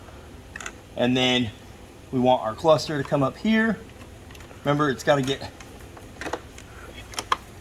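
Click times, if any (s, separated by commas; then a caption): 7.3 s. A plastic wiring harness connector is plugged into a relocated instrument cluster on a Can-Am Ryker while someone talks, and a sharp click at 7.3 s shows it has seated. The red lock tab is then pushed down. Small handling ticks and rattles come before the click.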